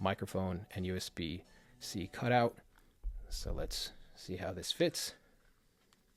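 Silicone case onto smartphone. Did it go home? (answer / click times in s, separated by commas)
no / none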